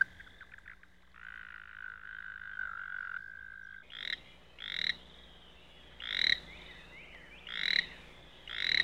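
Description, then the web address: American toad giving a steady, even musical trill for about two seconds, followed by several short, harsh, rasping bursts, with faint chirping birds behind. Singing followed by croaking, with birds in the background. "toad american singing then croaking birds in bg"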